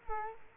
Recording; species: mosquito wingbeat signal from an infrared sensor; Culex quinquefasciatus